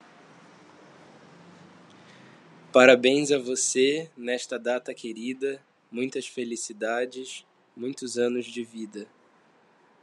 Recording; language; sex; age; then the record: short text; Brazilian Portuguese; male; 20 to 29 years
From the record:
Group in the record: control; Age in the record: 25 years